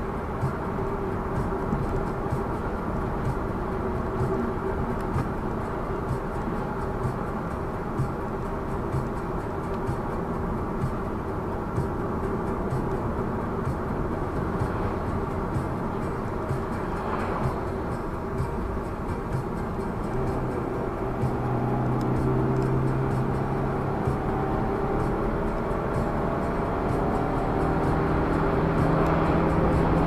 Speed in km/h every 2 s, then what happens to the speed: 91, 89, 85, 82, 81, 81, 84, 87, 85, 81, 82, 89, 96, 102, 108.
0-7 slows to 81. 7-19 steady at about 81. 19-30 speeds up to 108.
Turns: none.